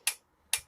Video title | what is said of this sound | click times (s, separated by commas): Video 4 1999 Ford F-150 | hear it pop now | 0.1 s, 0.5 s